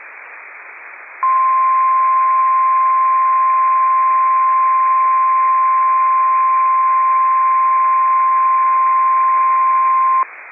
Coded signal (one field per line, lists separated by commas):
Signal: Emergency Alert System (SAME) tones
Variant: 1050 Hz attention tone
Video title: Required Weekly Test - 05/01/19 (EAS #82)